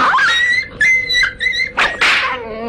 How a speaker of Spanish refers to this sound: Y el perro, de un salto, sorprendiendo a todos, se arrojó contra la mano del huésped, hundiendo sus dientes en ella. ¡Quieto! El perro, tras recibir un puntapié del huésped, le mordió en una pierna, desgarrándole la tela.